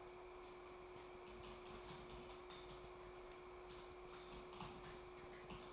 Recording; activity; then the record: daily activity, microphone in the room; typing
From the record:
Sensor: 1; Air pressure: 1004.5 hPa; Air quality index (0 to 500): 196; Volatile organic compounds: 17 ppm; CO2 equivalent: 2592 ppm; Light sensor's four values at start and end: 4/11/4/4 and 4/11/4/4